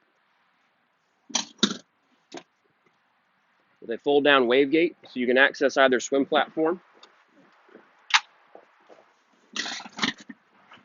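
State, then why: Seated. The fold-down seat back on the rear bench seat of a 2016 Scout 225 XSF, a 22-foot center console boat, is raised and latches into place with a sharp click at 10.0 seconds. Before that, someone talks, with a few short knocks early in the clip.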